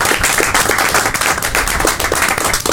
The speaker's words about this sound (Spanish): Sí, me parece que primero quiero darle un aplauso muy cálido para mí